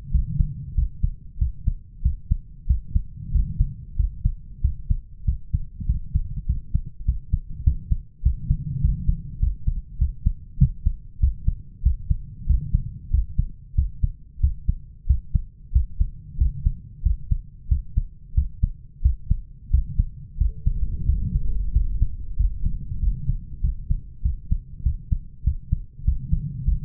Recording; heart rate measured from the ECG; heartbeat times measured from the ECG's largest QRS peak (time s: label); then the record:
heart sounds by stethoscope; 95 bpm
0.13 s: heartbeat
0.77 s: heartbeat
1.40 s: heartbeat
2.04 s: heartbeat
2.69 s: heartbeat
3.34 s: heartbeat
3.98 s: heartbeat
4.63 s: heartbeat
5.27 s: heartbeat
5.88 s: heartbeat
6.48 s: heartbeat
7.07 s: heartbeat
7.66 s: heartbeat
8.25 s: heartbeat
8.83 s: heartbeat
9.42 s: heartbeat
10.00 s: heartbeat
10.60 s: heartbeat
11.22 s: heartbeat
11.85 s: heartbeat
12.49 s: heartbeat
13.13 s: heartbeat
13.77 s: heartbeat
14.42 s: heartbeat
15.09 s: heartbeat
15.74 s: heartbeat
16.40 s: heartbeat
17.05 s: heartbeat
17.70 s: heartbeat
18.36 s: heartbeat
19.04 s: heartbeat
19.72 s: heartbeat
20.40 s: heartbeat
21.08 s: heartbeat
21.75 s: heartbeat
22.39 s: heartbeat
23.02 s: heartbeat
23.63 s: heartbeat
24.24 s: heartbeat
24.85 s: heartbeat
25.46 s: heartbeat
26.07 s: heartbeat
26.67 s: heartbeat
From the record:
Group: healthy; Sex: male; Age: 21 years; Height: 175 cm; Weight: 72.6 kg